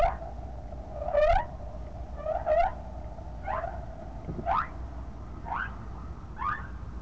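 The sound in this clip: Whale calls: a series of upswept whooping cries, roughly one per second, each rising sharply in pitch, over faint underwater hiss.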